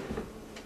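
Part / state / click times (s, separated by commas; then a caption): drawer onto its side glide rails / seated / 0.6 s. A drawer is set into the grooves on both side glide rails and pushed in until it engages. A low rumbling slide is followed by a short, gentle click at 0.6 s as the drawer seats onto its glides.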